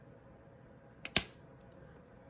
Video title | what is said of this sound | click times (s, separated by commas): How to take Mounjaro Injection. മൊഞ്ചാരോ injection എങ്ങിനെ എടുക്കാം | അപ്പോൾ ടിക്ക് എന്നുള്ളൊരു ഒച്ച കേട്ടു. | 1.2 s